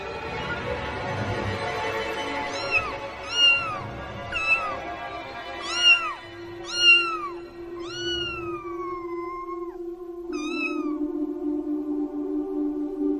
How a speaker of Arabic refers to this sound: احنا ما عندناش قطط في البيت. صحيت على صوت القطة الصغيرة دي، عمال ابص حواليا فين فين، مفيش، لكن الصوت اتغير.